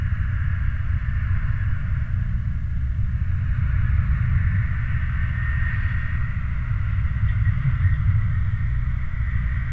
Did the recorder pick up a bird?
no